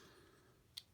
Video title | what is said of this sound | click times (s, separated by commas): Transformers Cyberverse Power of the Spark Elite Class Grimlock & Trash Crash Spark Armor Review | Did that click in that time? I heard a click. | 0.8 s